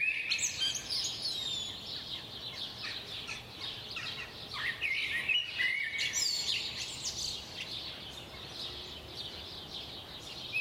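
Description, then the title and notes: Bird chorus with many high chirps and trills overlapping, a few brighter whistled phrases standing out over constant background hiss. Recorded at 4am. "Birds at 4am by Daniel Sky"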